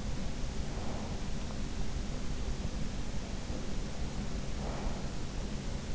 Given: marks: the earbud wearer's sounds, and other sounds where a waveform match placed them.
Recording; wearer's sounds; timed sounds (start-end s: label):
sounds in sleep by an in-ear microphone; breath
0.53-1.31 s: breath
4.08-5.05 s: breath